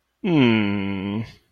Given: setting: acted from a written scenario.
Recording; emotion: vocal sound without words; adoration